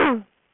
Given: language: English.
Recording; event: throat vibration sensor signal played as sound; throat clearing